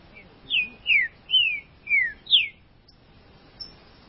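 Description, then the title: Green-winged saltator song: five clear, loud whistled notes in quick succession, mostly falling in pitch, over a quiet background hiss. "Trinca Ferro"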